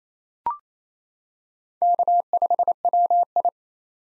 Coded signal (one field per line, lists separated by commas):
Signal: Morse code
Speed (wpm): 28 wpm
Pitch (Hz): 700 Hz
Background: none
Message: K5WI